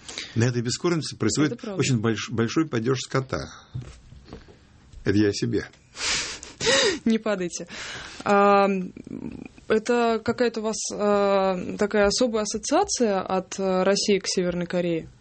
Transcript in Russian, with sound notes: На этой бескормице происходит очень большой падеж скота. Это я о себе. (смеется)
Не падайте. Это какая-то у вас такая, особая ассоциация от России к Северной Корее?